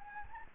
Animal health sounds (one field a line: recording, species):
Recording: mosquito wingbeat signal from an infrared sensor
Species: Anopheles gambiae